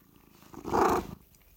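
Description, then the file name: Cat giving a single short rumbling purr burst that swells and fades within a second, surrounded by near silence. "Catsoundswav"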